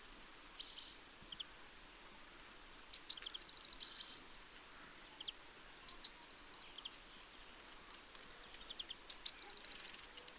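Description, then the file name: Eurasian blue tit giving a faint opening phrase, then its song three times about three seconds apart, each a high falling note or two followed by a quick ringing trill. "Cyanistes caeruleus"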